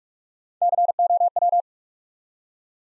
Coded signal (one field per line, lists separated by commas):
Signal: Morse code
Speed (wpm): 46 wpm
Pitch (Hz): 700 Hz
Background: none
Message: COW